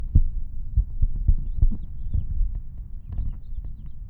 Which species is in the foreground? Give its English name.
House Finch